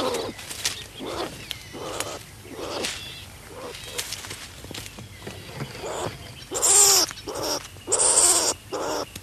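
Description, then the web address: Striped skunk with soft clicks and short squeaks at first, then two louder, rasping screech bursts near the end. "earth naturelibrary assets s st striped skunk"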